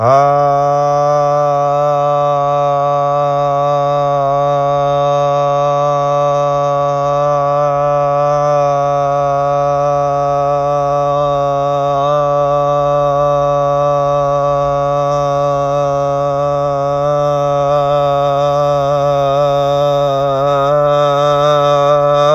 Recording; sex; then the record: sustained vowel /a/; male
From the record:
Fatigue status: no fatigue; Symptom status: asymptomatic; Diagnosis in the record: COVID-19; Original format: m4a